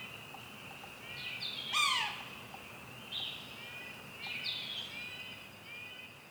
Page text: Pic maculé – Sphyrapicus varius – L'Oiseau son. • Cri 'Mew' Lac Caron, Saint-Marcellin, QC, 48°21’17.7″N 68°19’41.1″W. 23 mai 2019. matin